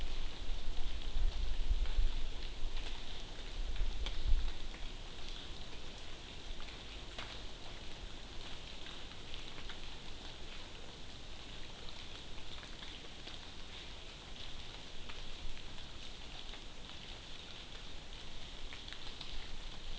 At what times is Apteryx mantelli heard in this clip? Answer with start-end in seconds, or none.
none